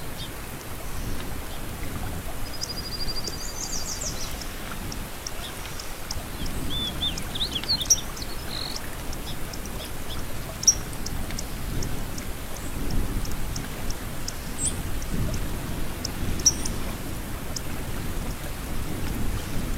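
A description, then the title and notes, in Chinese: Babbling, flowing water runs steadily through the whole clip as a dense, even rush with a low rumbling undertone. Small birds chirp faintly above it, with short high calls clustering around three and eight seconds and scattered sharp ticks later on. 潺潺流水&鸟儿鸣叫。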